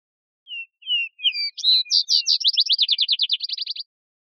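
Vesper sparrow song: a few low, falling whistles, brighter higher notes, then a long, fast rattling trill that fades.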